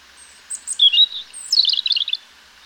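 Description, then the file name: European robin song phrase: a thin high whistle, then sweet warbling notes and a quick run of tinkling, trilled twitters, all high-pitched and over in about two seconds. "Erithacus rubecula"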